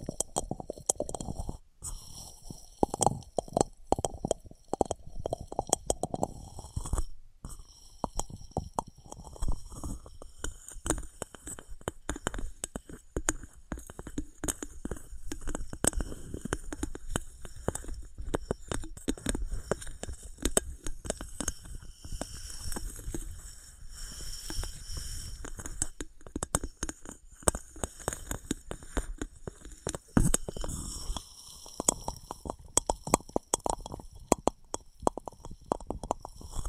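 Objects of wood, cork, sponge, foam, glass and plastic being handled and knocked together, giving a dense run of short clicks, taps and soft scrapes. The hits come irregularly and quickly throughout, mostly low and dull, with a thin high hiss underneath.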